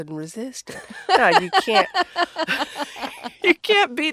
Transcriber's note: laughter